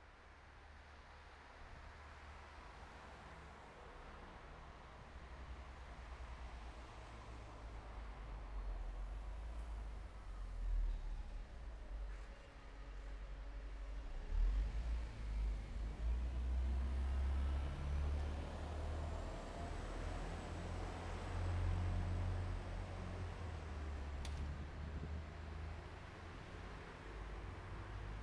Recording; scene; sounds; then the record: everyday scene through a hearing-aid microphone; in traffic; traffic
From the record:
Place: bus stop on a city main road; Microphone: behind the ear, right, rear